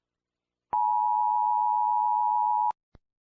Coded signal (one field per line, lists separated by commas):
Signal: Emergency Alert System (SAME) tones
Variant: 853 and 960 Hz attention tone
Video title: EAS Scenario - The Happy Bear (Part 4) Collaboration with @pierosebastiani-eas